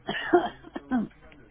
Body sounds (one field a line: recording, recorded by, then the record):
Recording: voluntary cough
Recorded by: telephone call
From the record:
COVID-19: negative